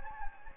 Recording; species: mosquito wingbeat signal from an infrared sensor; Anopheles gambiae